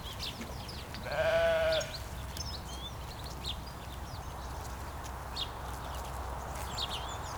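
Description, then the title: Sheep giving a single short bleat, with bird chirps scattered throughout and a steady low rumble of traffic beneath. Sheep in Laferté in the morning, grazing during their first meal of the day; only one bleat as they were busy eating; birds and a distant road audible. "Ovejas En Laferté Por La Mañana"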